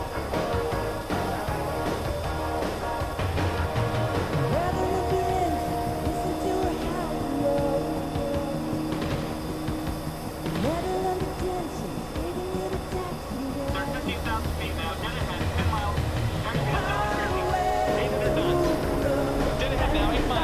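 Inside an F-14 Tomcat cockpit, a thick, steady roar of engine and air fills the whole stretch without letup. Voices come and go over it throughout, with a few thin whining tones rising and falling above the rumble.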